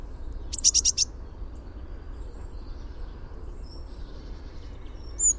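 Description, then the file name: Eurasian blue tit calling: a quick run of four or five very high, thin notes, followed later by a high whistle, over a steady low rumble. "Cyanistes caeruleus"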